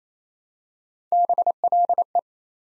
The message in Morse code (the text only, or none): BLE